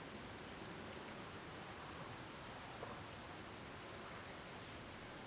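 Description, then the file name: European robin giving thin, very high ticking calls, single and in short clusters of two or three, separated by pauses against a quiet background hiss. "Erithacus rubecula"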